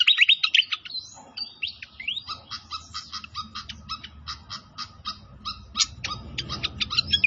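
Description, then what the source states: Pied fantail song: bright whistled phrases followed by a long series of regular sharp ticking notes, with a mild low rushing sound behind. Training recording (masteran) of a clear-voiced pied fantail.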